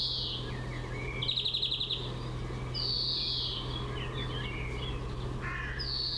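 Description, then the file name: European greenfinch song: wheezy, drawn-out buzzy notes alternating with a rapid rattling trill and short twitters, over a steady low hum. "Chloris chloris"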